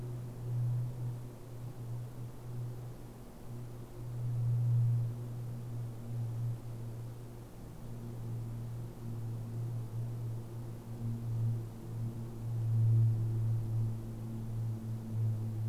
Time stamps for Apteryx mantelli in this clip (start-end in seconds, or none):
none